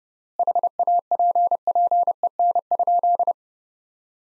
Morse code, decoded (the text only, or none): HAPPEN?